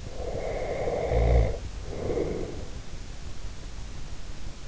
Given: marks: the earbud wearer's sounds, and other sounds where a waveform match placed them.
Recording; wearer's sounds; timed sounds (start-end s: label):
sounds in sleep by an in-ear microphone; snoring breath
0.10-3.09 s: snoring breath